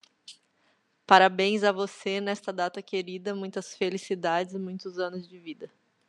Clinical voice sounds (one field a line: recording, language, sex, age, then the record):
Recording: short text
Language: Brazilian Portuguese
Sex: female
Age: 30 to 39 years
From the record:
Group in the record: control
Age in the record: 35 years